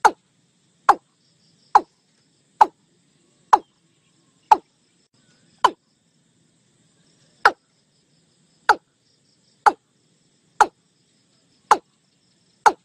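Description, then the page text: Watercock call notes: sharp, downward-sweeping knocks repeated about once a second, with a brief pause midway, in an otherwise quiet background. Watercock call from Thailand. "เสียงนกอีลุ้ม"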